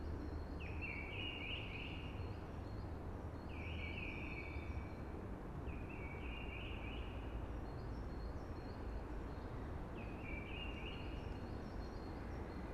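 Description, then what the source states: Eurasian blackbird singing mellow fluted phrases, each ending in a brief squeaky flourish, repeated every few seconds over steady low rushing noise like wind in trees. Singing early, amongst hushing conifers.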